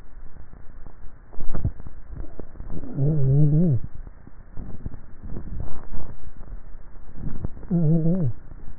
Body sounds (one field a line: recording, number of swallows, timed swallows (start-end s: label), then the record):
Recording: swallowing sounds by neck microphone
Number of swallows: 2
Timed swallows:
1.58-2.28 s: swallow
6.08-6.65 s: swallow
From the record:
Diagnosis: dysphagia